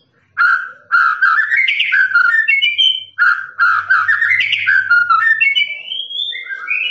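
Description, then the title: Lovebird chattering song in two long bursts of rapid squeaky and rasping notes that climb in pitch toward each end. Long "ngekek" song, used for training birds. "FULL DURASI MASTERAN LOVEBIRD NGEKEK PANJANG"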